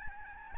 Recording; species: mosquito wingbeat signal from an infrared sensor; Aedes albopictus